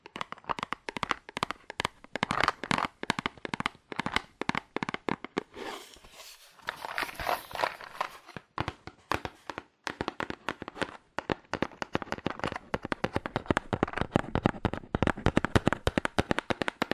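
Fast, aggressive tapping on cardboard, a dense stream of sharp, dry knocks with little pause between them. Around six to eight seconds the hits blur into a rougher scraping, rubbing burst, then the rapid, uneven tapping resumes and continues to the end.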